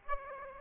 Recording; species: mosquito wingbeat signal from an infrared sensor; Aedes aegypti